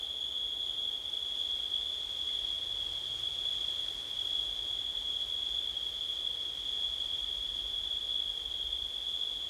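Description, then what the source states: Cricket keeps up a level, piercing trill with no gaps or rhythm changes, faint hiss in the background. Crickets on a windy September night.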